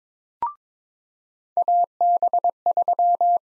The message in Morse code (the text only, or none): AB3